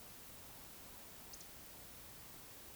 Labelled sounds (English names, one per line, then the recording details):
Eurasian Woodcock whistle
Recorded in Baden-Württemberg, Germany, on 20 May 2021 at 20:07 UTC
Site 24606, 635 m above sea level